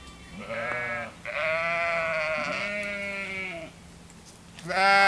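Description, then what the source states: Sheep bleating: a series of long quavering bleats running into one another, then a quiet gap and a sudden loud bleat at the end. Hungry sheep.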